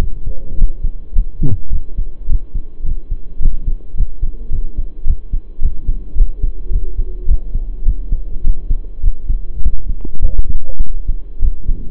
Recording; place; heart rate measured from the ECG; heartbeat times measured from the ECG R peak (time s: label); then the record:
heart sounds by stethoscope; between the tricuspid and mitral areas; 105 bpm
0.57 s: heartbeat
1.14 s: heartbeat
1.71 s: heartbeat
2.28 s: heartbeat
2.84 s: heartbeat
3.40 s: heartbeat
3.95 s: heartbeat
4.50 s: heartbeat
5.05 s: heartbeat
5.61 s: heartbeat
6.15 s: heartbeat
6.71 s: heartbeat
7.27 s: heartbeat
7.84 s: heartbeat
8.42 s: heartbeat
9.01 s: heartbeat
9.61 s: heartbeat
10.21 s: heartbeat
10.81 s: heartbeat
11.40 s: heartbeat
From the record:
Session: pedaling a stationary bicycle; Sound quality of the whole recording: saturated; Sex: male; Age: 23 years